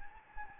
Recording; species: mosquito wingbeat signal from an infrared sensor; Anopheles gambiae